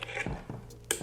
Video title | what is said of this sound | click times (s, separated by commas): LR1 Payload - Inspection Workflow | make sure it clicks into place, | 0.9 s